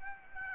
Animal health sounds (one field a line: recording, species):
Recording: mosquito wingbeat signal from an infrared sensor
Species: Aedes aegypti